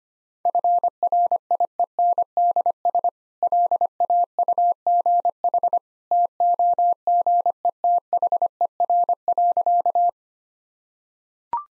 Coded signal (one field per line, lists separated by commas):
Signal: Morse code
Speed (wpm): 25 wpm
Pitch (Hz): 700 Hz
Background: none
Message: FRIENDS LAUGH TOGETHER.